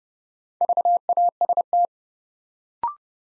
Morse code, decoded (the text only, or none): VAST